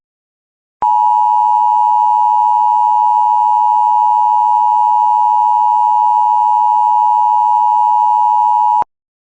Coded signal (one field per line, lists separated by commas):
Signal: Emergency Alert System (SAME) tones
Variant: 853 and 960 Hz attention tone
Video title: 15x header on WJON (EAS #211-225)